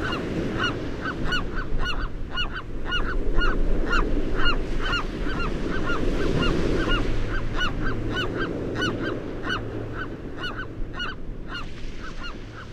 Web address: Songs of Birds of North America Know Your Bird Sounds Common Western Species. Western Gull